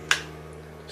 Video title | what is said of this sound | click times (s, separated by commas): Canon M50 Mark II with the Viltrox EF-M 23mm Prime Lens and Landscape Photography | lens hood fits on nicely just clicks | 0.1 s